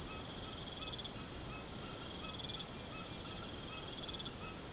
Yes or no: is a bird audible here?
yes